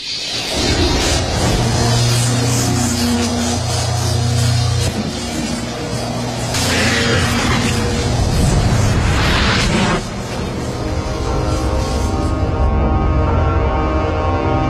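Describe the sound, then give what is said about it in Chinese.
A light wind, then a loud, continuous thunderous rumble with a low droning undertone, broken by two sharp crackling lightning bursts partway through, then rolling on and thinning slightly at the end; the sound from a Terminator film that accompanies Arnold Schwarzenegger's entrance. “先小风一吹啊，然后开始闪电，哎，这个动静就是这样的，听。”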